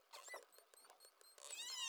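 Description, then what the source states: Pilot whale sounds: a row of evenly spaced pulses with high tonal traces, then several overlapping whistles at the end. Call labelled type 62.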